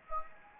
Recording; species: mosquito wingbeat signal from an infrared sensor; Anopheles gambiae